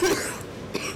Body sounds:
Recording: coughing mixed with background sound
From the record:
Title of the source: 31 night wet cough

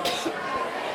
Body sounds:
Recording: coughing mixed with background sound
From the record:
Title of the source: 55 gaggy wet cough

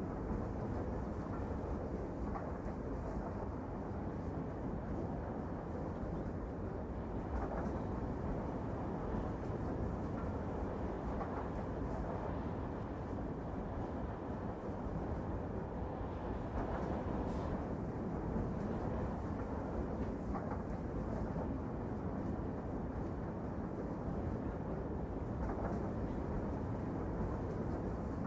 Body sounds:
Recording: background sound without coughing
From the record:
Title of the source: Train Ride Ambience ambient white noise for sleeping, focus, studying, reading

